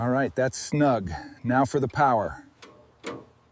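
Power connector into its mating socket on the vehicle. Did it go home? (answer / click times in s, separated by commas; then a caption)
yes / 3.1 s. Someone talks, then pushes a power connector into its mating socket on a restored 1927 Dodge Doodle Bug tractor. After a faint tick at 2.6 s, a short, solid click at 3.1 s shows the connector has seated.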